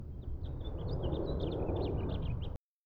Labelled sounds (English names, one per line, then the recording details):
House Finch song
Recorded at Hewlett Harbor on Long Island, New York, on 10 June 1975
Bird E